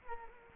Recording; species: mosquito wingbeat signal from an infrared sensor; Culex quinquefasciatus